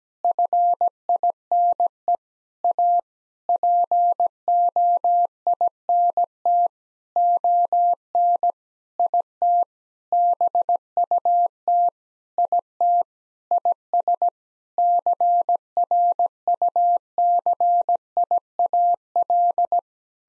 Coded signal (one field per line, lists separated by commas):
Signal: Morse code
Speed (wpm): 17 wpm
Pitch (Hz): 700 Hz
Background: none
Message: FINE A POINT ON IT BUT IT IS CRUCIAL